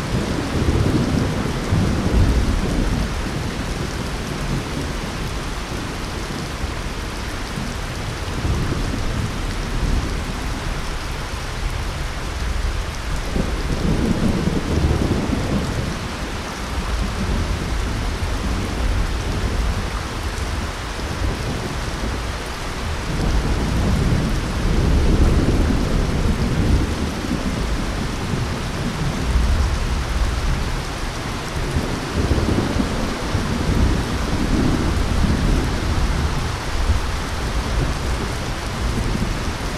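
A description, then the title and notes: Steady rain falls at night, a dense, even hiss that spreads from low to bright and holds through the whole forty seconds. Beneath it, deep rumbles of thunder swell and fade every several seconds, heaviest around the middle and near the end. Rain And Thunder Sound At Night.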